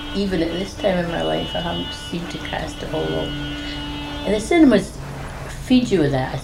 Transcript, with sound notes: Even at this time in my life, I haven't seemed to cast it all off. [horn toots outside] And the cinemas feed you with that.